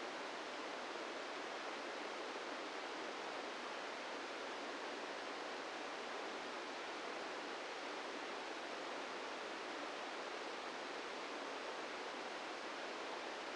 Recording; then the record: brain microelectrode recording played as sound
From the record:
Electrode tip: inside the subthalamic nucleus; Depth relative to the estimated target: 0 mm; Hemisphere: right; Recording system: NeuroSet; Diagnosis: Parkinson's disease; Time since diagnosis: 17 years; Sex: male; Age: 64 years